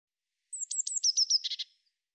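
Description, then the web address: Eurasian blue tit call: a rapid series of thin, high descending notes ending in three lower, buzzy churring notes, with no other sounds. "Deverinetal"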